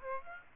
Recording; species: mosquito wingbeat signal from an infrared sensor; Aedes aegypti